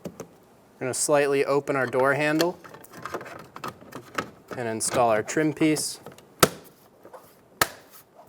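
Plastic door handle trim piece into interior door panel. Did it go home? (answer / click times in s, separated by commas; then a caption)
yes / 6.4 s, 7.6 s. Someone talks while the door handle is slightly opened and a plastic interior trim piece around the handle is pressed onto the door panel of a 2007-2017 Ford Expedition. Sharp snaps ring out at 6.4 s and 7.6 s as the trim piece clicks into place and is seated.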